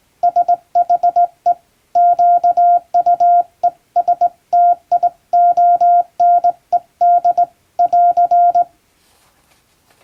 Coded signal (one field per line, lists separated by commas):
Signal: Morse code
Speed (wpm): 21 wpm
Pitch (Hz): 700 Hz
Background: none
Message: SHE QUESTIONED <AR>